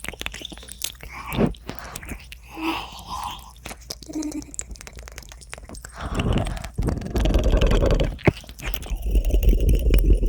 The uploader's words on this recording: ASMR Ear Eating Licking Fastest Chaotic.